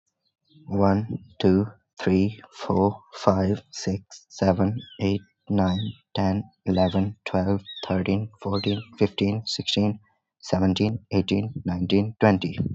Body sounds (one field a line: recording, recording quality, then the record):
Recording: counting at a normal pace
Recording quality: excellent, no background noise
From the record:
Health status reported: healthy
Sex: male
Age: 18 years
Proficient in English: yes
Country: India